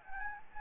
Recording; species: mosquito wingbeat signal from an infrared sensor; Anopheles gambiae